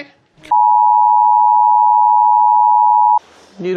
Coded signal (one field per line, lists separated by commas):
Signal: Emergency Alert System (SAME) tones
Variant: 853 and 960 Hz attention tone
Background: speech